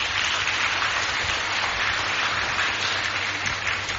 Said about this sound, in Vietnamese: Thầy rất tự hào về các con, cho một tràng pháo tay.